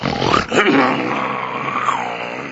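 A lion roars loudly as it leaps across a deep ravine: one rough, sustained growl that dips briefly near the start, then swells again and rumbles on for a couple of seconds with no talking.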